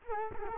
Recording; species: mosquito wingbeat signal from an infrared sensor; Culex quinquefasciatus